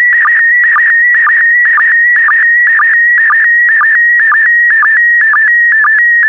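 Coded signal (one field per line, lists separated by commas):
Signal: SSTV (slow-scan television)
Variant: PD120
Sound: steady warbling whistle around 2 kHz with regular short low chirps twice a second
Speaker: get ready starting transmission in 5 4 3 2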